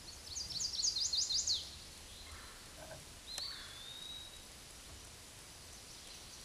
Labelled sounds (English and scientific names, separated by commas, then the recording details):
Eastern Wood-Pewee (Contopus virens) song
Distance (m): 25 m
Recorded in a Pennsylvania forest on 18 May 2023 at 13:37
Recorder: AudioMoth, point grid1_18_low
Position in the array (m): 177 m, 167 m